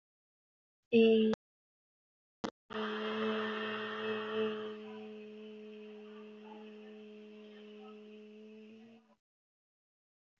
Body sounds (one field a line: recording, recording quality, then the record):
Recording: sustained vowel as in beet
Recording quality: excellent, no background noise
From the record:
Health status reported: healthy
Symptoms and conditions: none ticked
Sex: female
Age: 26 years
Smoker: not ticked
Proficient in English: yes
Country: India